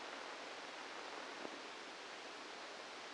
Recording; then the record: brain microelectrode recording played as sound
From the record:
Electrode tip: inside the subthalamic nucleus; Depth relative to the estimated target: 1 mm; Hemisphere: right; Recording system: NeuroSet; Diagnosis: Parkinson's disease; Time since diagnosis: 8 years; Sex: male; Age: 65 years